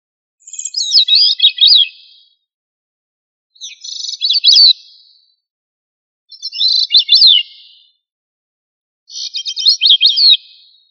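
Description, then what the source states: Thrush song: four short, high, warbled phrases with rapid up-and-down notes, repeated roughly every three seconds, with clean silence between. Family Turdidae.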